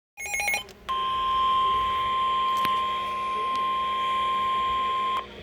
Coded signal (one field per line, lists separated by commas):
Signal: Emergency Alert System (SAME) tones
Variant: 1050 Hz attention tone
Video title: Severe Thunderstorm Warning For St Louis MO EAS On 3/13/2024